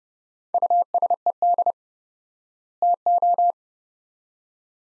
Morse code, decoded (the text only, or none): USED TO